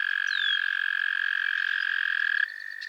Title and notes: Frogsong at Miners Marsh. A chorus of frogs croon to one another on an idyllic summer evening in Miners Marsh, Annapolis Valley, Nova Scotia